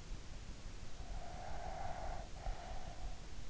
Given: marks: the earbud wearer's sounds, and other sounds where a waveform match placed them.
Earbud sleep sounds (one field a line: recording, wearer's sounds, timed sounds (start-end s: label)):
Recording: sounds in sleep by an in-ear microphone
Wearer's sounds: breath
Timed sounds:
0.82-3.46 s: breath